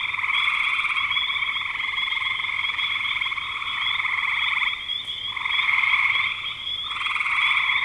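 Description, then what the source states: Frogs calling in a dense chorus, a steady wall of trilled croaks with brief dips in loudness near five and seven seconds. Frogs recorded in spring 2025.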